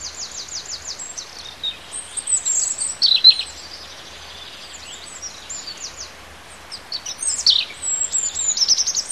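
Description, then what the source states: Bird song: high-pitched twittering and buzzy trilled phrases in bursts, with faint low hum and steady background noise. Native bird in a hedgerow, recorded in March.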